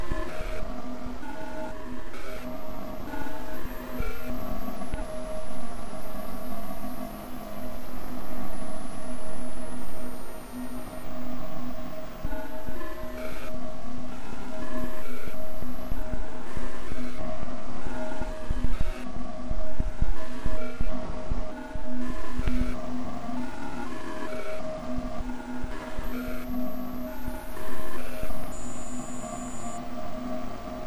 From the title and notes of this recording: A three hour composition for headphones. The piece is tones, grumbles, wa-wa’s, groans, beats and other sounds created through digital signal processing of Niagara Falls.